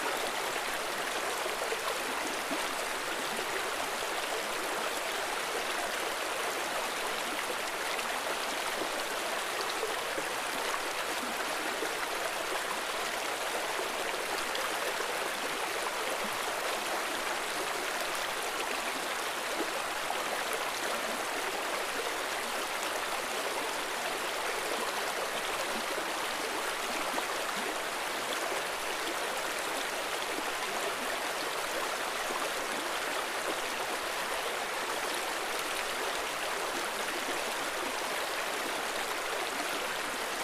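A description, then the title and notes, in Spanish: A soft, steady stream rushes evenly for the whole clip, a dense hiss of water, bright and close, with almost no low rumble. Suaves Sonidos de Corriente. Este suave ruido blanco.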